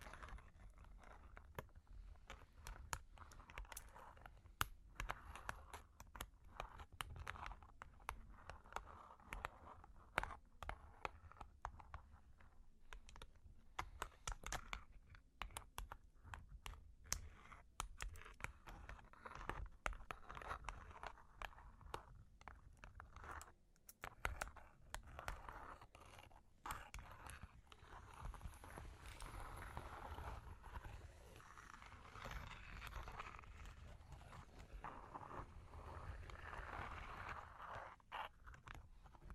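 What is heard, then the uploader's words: Long claws tap and scratch in quick, uneven bursts of sharp clicks throughout, with steady low rumbling and scraping beneath, busiest toward the end. Long Claws Tapping and Scratching (No Talking).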